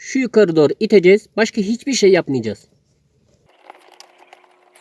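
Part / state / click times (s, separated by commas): wiring harness push-in clip into its mounting hole under the seat / not seated / none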